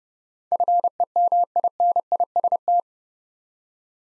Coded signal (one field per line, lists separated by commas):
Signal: Morse code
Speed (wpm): 30 wpm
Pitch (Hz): 700 Hz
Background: none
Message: FEMINIST